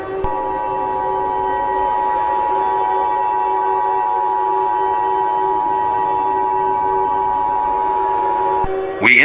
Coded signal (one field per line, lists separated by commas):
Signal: Emergency Alert System (SAME) tones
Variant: 853 and 960 Hz attention tone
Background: speech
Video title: April Showers Bring May Flowers: An EAS Scenario (SPRING FLING SPECIAL)